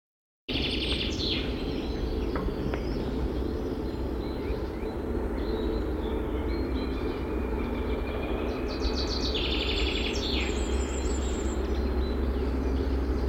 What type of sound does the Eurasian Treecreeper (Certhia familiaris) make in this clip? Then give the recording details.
song. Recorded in the wild. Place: Ralswiek, Insel Rügen, Mecklenburg-Vorpommern, DE. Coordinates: 54.475, 13.446. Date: 1972-04-09. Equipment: Nagra III BH, Sennheiser MD 21, parabola. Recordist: Schubert, Michael. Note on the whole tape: Gesang Waldbaumläufer